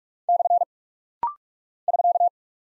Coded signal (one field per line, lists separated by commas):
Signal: Morse code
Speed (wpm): 46 wpm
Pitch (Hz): 700 Hz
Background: none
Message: / <SK>